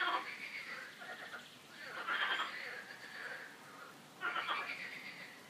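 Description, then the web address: Frogs giving raspy, pulsed croaks, three main bursts a second or two apart over a steady background chorus. Frogs croaking in a park; the calls are described as a quack-like 'coin-coin'. "coincoin des grenouilles dans le parc"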